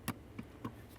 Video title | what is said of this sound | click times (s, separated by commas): How to Replace HVAC Mode Door Actuator 1999-2006 Chevrolet Silverado 1500 | After you hear the click, a light tug confirming that's secured as well. | 0.1 s